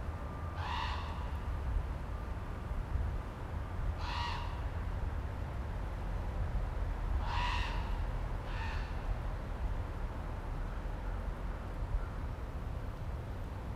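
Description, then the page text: Common raven calling with four harsh croaks spaced a few seconds apart, the last two close together, over constant low background rumble. Maryland, United States. "Common Raven by Stephen John Davies via iNaturalist"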